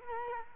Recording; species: mosquito wingbeat signal from an infrared sensor; Culex quinquefasciatus